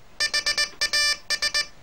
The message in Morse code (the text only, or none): HAS